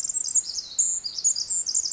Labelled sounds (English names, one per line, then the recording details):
Pacific Wren
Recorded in Sonoma County, California